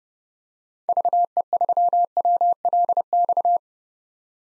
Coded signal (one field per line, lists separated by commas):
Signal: Morse code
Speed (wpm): 32 wpm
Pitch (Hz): 700 Hz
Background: none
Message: VE3WLX